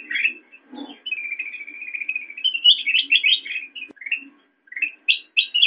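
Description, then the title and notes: Sooty-headed bulbul chattering: a continuous run of warbled notes, then a few higher, sharper chirps. Recording meant as a master track for training songbirds. "suara burung kutilang buat masteran"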